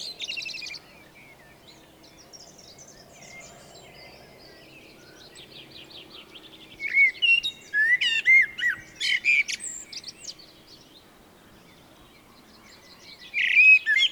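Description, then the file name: Eurasian blackbird song: a brief phrase at the start, a quiet spell, then a burst of whistled notes with squeaky high twittering, and another brief phrase at the end. "Turdus merula"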